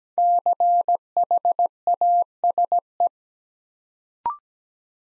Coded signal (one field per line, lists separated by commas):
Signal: Morse code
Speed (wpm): 17 wpm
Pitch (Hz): 700 Hz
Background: none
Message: CHASE